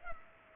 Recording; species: mosquito wingbeat signal from an infrared sensor; Culex pipiens